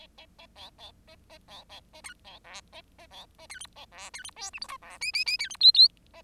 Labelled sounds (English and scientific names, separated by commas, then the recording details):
Bengalese Finch (Lonchura striata domestica) song
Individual Bird10